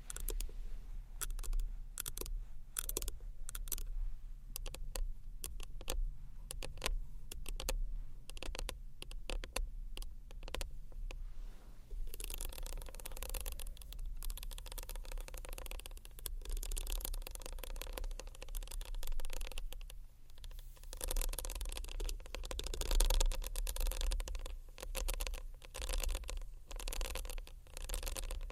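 Tiny bottles handled against a textured bag make a dense run of sharp clicks, taps and crinkly scrapes throughout. The first twelve seconds are sparse, separate ticks; after that the rustling grows thicker and brighter, with a steady low hum underneath.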